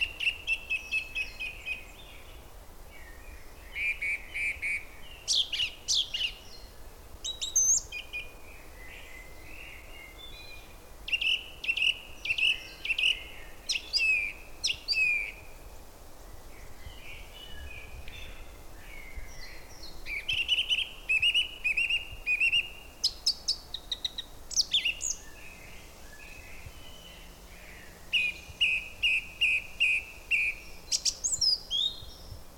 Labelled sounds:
Song Thrush (Turdus philomelos)
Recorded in the wild
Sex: male
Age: adult
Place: Köllnische Heide, Berlin, DE
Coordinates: 52.46, 13.51
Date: 1989-04-27 17:45
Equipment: Uher 4400 Report Monitor, Sennheiser ME 80, K 30 AV
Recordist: Fischer, Stefan
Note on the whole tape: Gesang

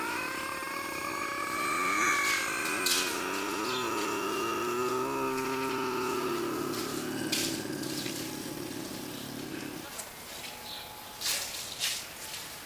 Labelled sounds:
Bobcat (Lynx rufus) growling
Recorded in captivity
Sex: female
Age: adult
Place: Tierpark Berlin, Berlin, DE
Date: 1983-12-24 10:39
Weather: sunny, 1-3°C, no wind
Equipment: Nagra SN, Sennheiser MKH 416 T, Kopie Uher 4000 Report Monitor
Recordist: Tembrock, Günter

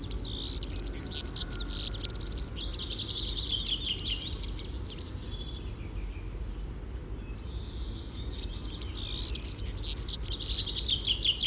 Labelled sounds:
European Serin (Serinus serinus) song
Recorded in the wild
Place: Schorfheide, Brandenburg, DE
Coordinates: 52.907, 13.531
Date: 1989-07-08
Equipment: Nagra III BH, Sennheiser MD 21, parabola
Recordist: Schubert, Michael

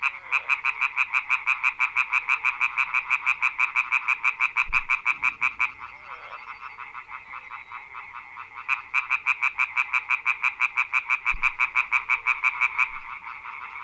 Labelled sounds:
Common Tree Frog (Hyla arborea) call
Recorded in the wild
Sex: group
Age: adult
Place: Brodowin, Brandenburg, DE
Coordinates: 52.9106, 13.9614
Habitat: pond
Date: 1966-05-01 19:45
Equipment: R 20/2
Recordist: Schubert, Michael

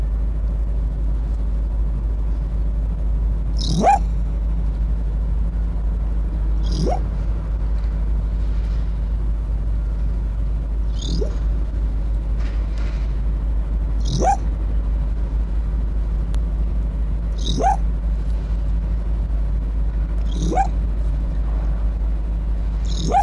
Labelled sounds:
Arctic Fox (Vulpes lagopus)
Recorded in captivity
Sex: male
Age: adult
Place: Zoologisches Institut der HUB, Berlin, DE
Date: 1957-01-10
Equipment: Elmetra
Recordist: Tembrock, Günter

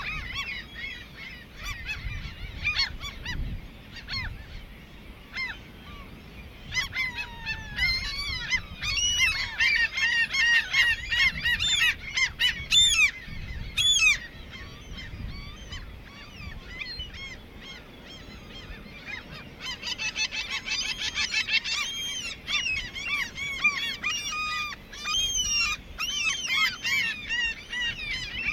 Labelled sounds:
Common Gull (Larus canus) call
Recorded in the wild
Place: Langenwerder, Mecklenburg-Vorpommern, DE
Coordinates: 54.027, 11.493
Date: 1969-06-05
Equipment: Nagra III BH, Sennheiser MD 421
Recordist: Schubert, Michael

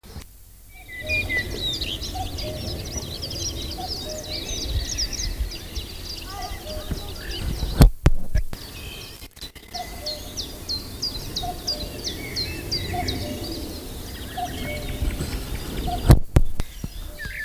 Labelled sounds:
Common Cuckoo (Cuculus canorus), Common Chiffchaff (Phylloscopus collybita), Common Blackbird (Turdus merula), Common Nightingale (Luscinia megarhynchos)
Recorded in the wild
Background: Phylloscopus collybita, Turdus merula, Luscinia megarhynchos
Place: Lübars (Fließtal), Berlin, DE
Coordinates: 52.6167, 13.35
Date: 2000-05-01 12:21
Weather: wolkig, 22°C
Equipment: Nagra SN, Kopie Uher 4000 Report Monitor
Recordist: Tembrock, Günter
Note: Rufe

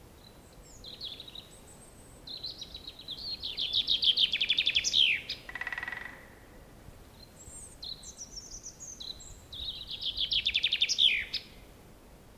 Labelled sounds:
Common Chaffinch (Fringilla coelebs) song
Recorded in the wild
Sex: male
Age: adult
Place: Mühlenbecker Wald, Brandenburg, DE
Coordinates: 52.6833, 13.4
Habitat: pine stand
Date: 1987-04-19 10:48
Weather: sunny, 15°C
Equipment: Nagra SN, Kopie Tesla B 116
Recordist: Tembrock, Günter

